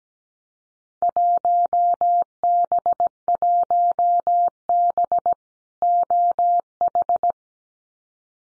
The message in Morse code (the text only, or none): 1B1B OH